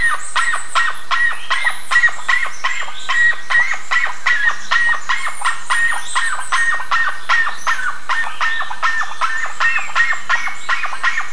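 Bird calls: continuous run of brief, rasping chirps at a fast, uneven pace, with several birds calling together.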